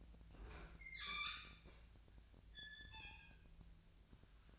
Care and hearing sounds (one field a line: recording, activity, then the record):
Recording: daily activity, microphone in the room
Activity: open fridge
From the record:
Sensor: 2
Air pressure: 1009.6 hPa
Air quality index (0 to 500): 184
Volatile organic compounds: 11 ppm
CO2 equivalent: 2299 ppm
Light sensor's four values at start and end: 26/64/28/30 and 26/64/28/30